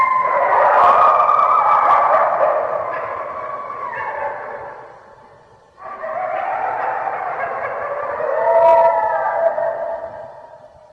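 Red wolf howling: long, wavering drawn tones that fade out near the middle, then a second bout of howling that rises and falls.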